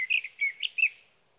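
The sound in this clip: Sage thrasher song, a quick burst of warbled, slurred notes lasting about a second before falling silent.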